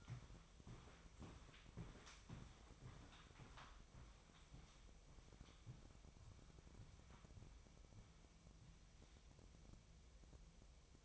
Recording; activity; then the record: daily activity, microphone in the room; walk to room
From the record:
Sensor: 1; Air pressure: 999.4 hPa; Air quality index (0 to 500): 198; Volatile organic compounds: 40 ppm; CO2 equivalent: 3150 ppm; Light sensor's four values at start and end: 9/23/9/9 and 9/23/9/9